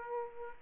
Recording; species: mosquito wingbeat signal from an infrared sensor; Aedes aegypti